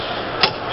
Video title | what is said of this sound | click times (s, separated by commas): Tow N Stow Demo | it should hear hear the click | 0.4 s